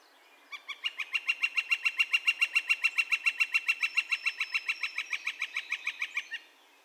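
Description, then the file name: Northern flicker calling: a sustained, rapid string of identical sharp kek notes, swelling and then easing over about six seconds. Recorded on 2 May 2020. "2020-05-02 Northern Flicker- Calls"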